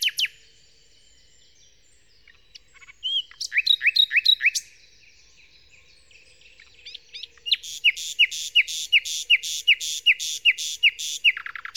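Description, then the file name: Common nightingale song: a brief opening note, a pause, then loud repeated whistles, another pause, and a long fast series of repeated notes with sharp clicks. Song, Kent, 2008. "nightingale-song-recorded-in-kent-2008-by-phil-riddett"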